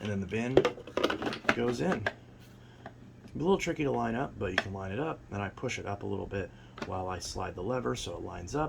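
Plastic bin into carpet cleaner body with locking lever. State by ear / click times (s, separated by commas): not seated / none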